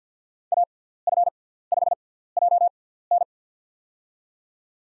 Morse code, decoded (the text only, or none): AF5JN